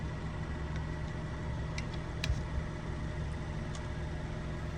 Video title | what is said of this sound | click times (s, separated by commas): How to Replace Front Windshield Wiper Blades on a 2017-2022 Honda CR-V - Quick & Easy DIY | As soon as the hook goes into it, you will hear a little click. That's how you know it's secure in. | 1.8 s, 2.2 s